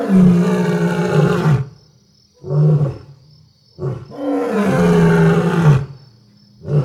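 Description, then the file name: Lion roaring: long, deep, rasping roars alternate with shorter grunting bursts and brief pauses, a steady high-pitched whine running underneath. Several lions vocalising during the night. "Lions Screaming During The Night"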